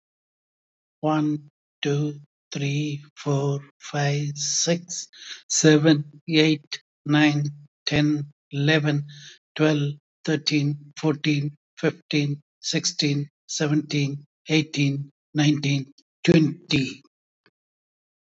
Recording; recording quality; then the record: counting at a normal pace; excellent, no background noise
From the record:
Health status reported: healthy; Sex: male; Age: 70 years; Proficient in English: yes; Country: India